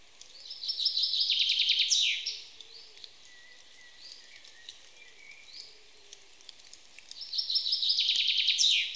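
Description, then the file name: Common chaffinch song: two bright, descending trilled phrases, each about two seconds and ending in a quick flourish, with a quiet gap between and faint whistles of other birds. "Fringilla coelebs"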